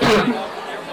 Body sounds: coughing mixed with background sound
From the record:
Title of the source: Barking cough - # 10

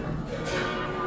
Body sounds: background sound without coughing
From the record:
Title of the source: 60 minutes of coffee shop sounds for study and concentration

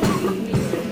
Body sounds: coughing mixed with background sound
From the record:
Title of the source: Mid-morning Winter Coughing Fit

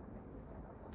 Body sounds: background sound without coughing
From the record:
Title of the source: Train Ride Ambience ambient white noise for sleeping, focus, studying, reading

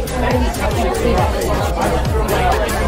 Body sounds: background sound without coughing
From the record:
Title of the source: Nightlife Party Simulating Party Club Noise 1 Hour

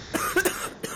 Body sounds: coughing mixed with background sound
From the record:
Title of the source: 30 Chesty and wet cough

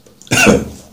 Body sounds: coughing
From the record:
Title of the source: Spring Cold Coughing.

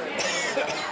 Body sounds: coughing mixed with background sound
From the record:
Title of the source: Dry Afternoon Cough

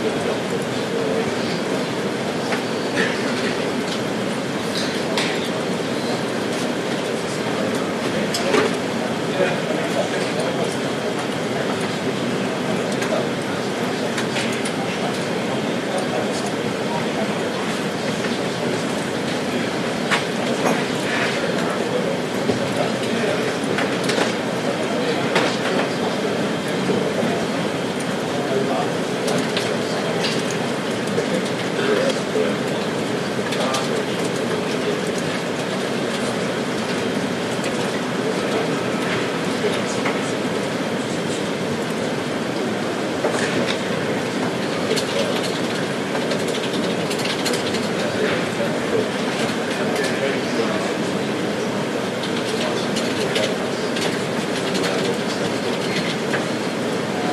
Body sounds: background sound without coughing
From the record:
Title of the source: Office Sounds Ambience - Background Noise for Study and Work

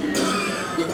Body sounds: coughing mixed with background sound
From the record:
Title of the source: Residual Phlegmy Morning Coughing and Gagging

